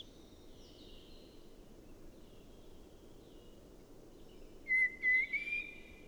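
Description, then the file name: Common blackbird with a single fluted, gently rising whistled phrase near the end, preceded by faint high thin notes and steady low background hiss. "Turdus merula"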